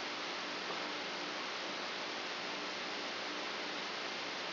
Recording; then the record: brain microelectrode recording played as sound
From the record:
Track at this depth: outside the subthalamic nucleus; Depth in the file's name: 8.628 mm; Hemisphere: left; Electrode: 2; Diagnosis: Parkinson's disease